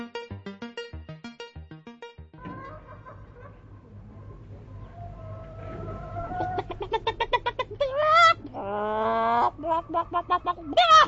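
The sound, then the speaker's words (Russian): A hen, the neighbour's hen kept on a net, clucks in a rapid run of short, even pulses, then breaks into louder, drawn-out squawking calls that rise and fall in pitch, with no one talking. “Ой, все наоборот, от курицы на сетке, которая живет у нашей соседки, тети Груши.”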